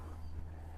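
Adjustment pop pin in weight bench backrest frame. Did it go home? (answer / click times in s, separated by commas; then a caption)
no / none. An adjustment pop pin in a weight bench backrest frame is handled as the backrest is raised toward 90 degrees, with a steady low hum and no distinct sharp transient. Nothing has seated or clicked yet; the pin has not locked into place.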